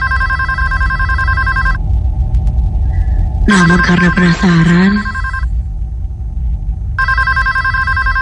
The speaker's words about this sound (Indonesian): telepon kantor berbunyi. Kulihat ini pukul 1 dini hari. Memang ketika jam-jam mau tutup, selalu saja ada telepon berbunyi. Dan tidak pernah ada yang mau mengangkatnya. Bahkan aku tidak diizinkan mengangkat telepon itu.